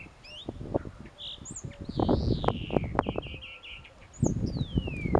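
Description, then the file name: European greenfinch calls: a drawn-out wavering note, then a quick run of short notes, with other brief chirps and a falling note over low rustling noise. "Chloris chloris"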